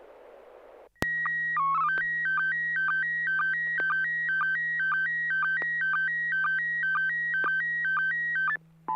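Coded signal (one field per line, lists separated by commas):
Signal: SSTV (slow-scan television)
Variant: PD 120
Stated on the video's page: SSTV images sent on a weekly net over a 145.250 MHz FM repeater.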